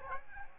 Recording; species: mosquito wingbeat signal from an infrared sensor; Aedes albopictus